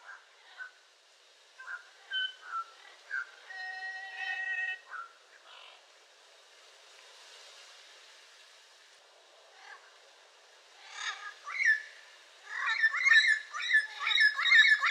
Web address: sound yellow-crowned-amazon. دانلود-صدای-پرنده-آمازون-تاجزرد